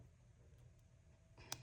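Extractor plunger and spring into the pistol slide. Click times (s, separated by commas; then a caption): 1.5 s. The extractor plunger and its spring are pressed into the pistol slide until they seat, with a single crisp click at 1.5 s. Before that, only a low steady hum and faint handling noise are heard. The plunger clicks into place.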